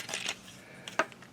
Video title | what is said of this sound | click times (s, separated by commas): Seige Spinister: War for Cybertron | that will lock into place. | 1.0 s